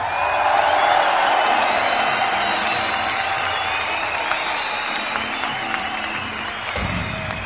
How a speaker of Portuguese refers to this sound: Salve de palmas, por favor.